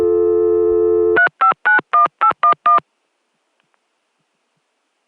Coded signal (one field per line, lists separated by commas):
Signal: DTMF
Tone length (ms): 110 ms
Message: 3591811